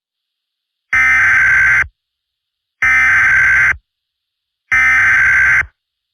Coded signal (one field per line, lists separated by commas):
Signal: Emergency Alert System (SAME) tones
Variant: header bursts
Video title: EAS MOCK #2: [12/16/17] National Emergency Action Notification. Inspired By: @nwovee